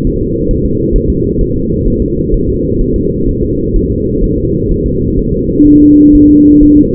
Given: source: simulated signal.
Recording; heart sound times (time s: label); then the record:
fetal heart sounds
0.07 s: S1
0.21 s: S2
0.51 s: S1
0.65 s: S2
0.96 s: S1
1.10 s: S2
1.41 s: S1
1.56 s: S2
1.88 s: S1
2.02 s: S2
2.34 s: S1
2.49 s: S2
2.81 s: S1
2.96 s: S2
3.29 s: S1
3.43 s: S2
3.76 s: S1
3.91 s: S2
4.24 s: S1
4.38 s: S2
4.71 s: S1
4.86 s: S2
5.19 s: S1
5.34 s: S2
5.67 s: S1
5.82 s: S2
6.15 s: S1
6.30 s: S2
6.63 s: S1
6.77 s: S2
From the record:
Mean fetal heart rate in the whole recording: 130 bpm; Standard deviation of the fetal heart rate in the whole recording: 4 bpm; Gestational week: 38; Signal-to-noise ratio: -10.2 dB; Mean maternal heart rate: 72 bpm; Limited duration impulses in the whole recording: present